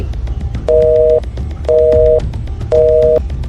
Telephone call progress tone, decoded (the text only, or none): busy tone